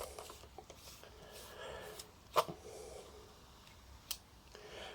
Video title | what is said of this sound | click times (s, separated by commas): Fujica ST901, first camera with LED shutter speed indication | And that has to go on as far as you can hear it lock, which is why they put the lock button on, | 4.1 s